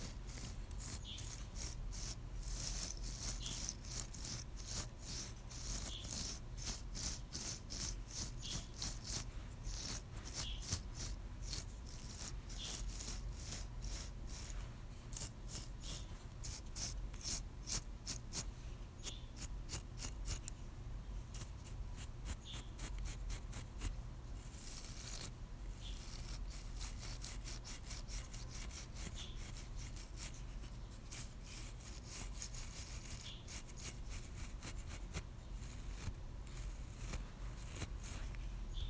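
A paintbrush strokes a wall, making a steady run of dry, scratchy brushing sounds that repeat quickly and densely throughout, with slightly sparser strokes around the middle. A low, constant rumble sits underneath.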